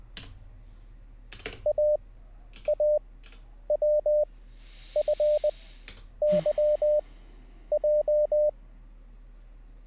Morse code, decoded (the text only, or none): AAWFYJ